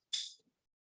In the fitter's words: Este tiene, a pesar de que tiene un contador de dosis, esto suena y hace un clic.